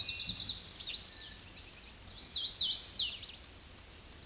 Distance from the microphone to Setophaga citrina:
about 10 m